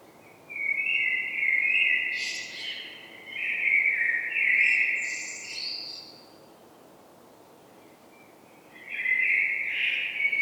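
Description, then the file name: Common blackbird song in two phrases, each a fluted warble with high squeaky notes, a long pause between them before the next phrase starts. "Turdus merula"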